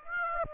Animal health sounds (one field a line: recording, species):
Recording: mosquito wingbeat signal from an infrared sensor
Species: Aedes aegypti